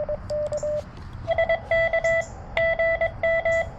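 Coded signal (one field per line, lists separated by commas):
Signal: Morse code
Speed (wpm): 22 wpm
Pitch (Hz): 2000 Hz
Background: radio noise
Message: IK GM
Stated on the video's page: CW park activation (POTA) with an FX-4CR transceiver, TPIII key, and a Sporty Forty coil with 213-inch whip.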